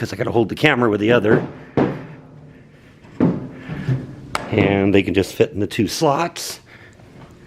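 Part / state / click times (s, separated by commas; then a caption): retaining board into trailer side slots / not seated / none. A retaining board is handled over the two slots on a trailer side, where it will drop in to lock the back halves in place. Someone talks throughout, with a sudden sharp sound at about 4.4 s. The board has not seated or clicked into the slots yet.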